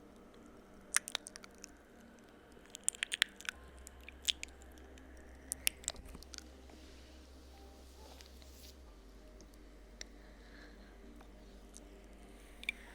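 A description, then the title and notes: Slow, wet ear licks and kisses give soft squishy clicks and smacks, clustered early then sparse, over a low steady hum. ASMR Slow Ear LicksKisses.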